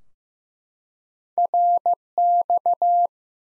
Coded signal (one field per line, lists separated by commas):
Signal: Morse code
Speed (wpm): 15 wpm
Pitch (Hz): 700 Hz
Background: none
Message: RX